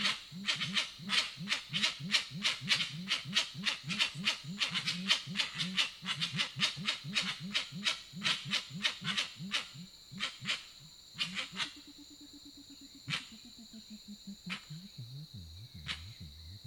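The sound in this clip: Grey-winged trumpeter calls: rapid series of deep, hollow hooting notes with sharp clicking, then a sustained low hum sliding downward.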